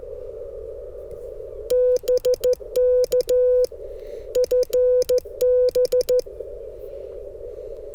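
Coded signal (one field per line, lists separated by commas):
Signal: Morse code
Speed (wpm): 14 wpm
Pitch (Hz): 500 Hz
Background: none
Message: BK FB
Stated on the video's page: Parks on the Air activation with a portable QRP station, Icom IC-705 on battery, antenna in a tree.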